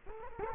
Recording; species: mosquito wingbeat signal from an infrared sensor; Culex quinquefasciatus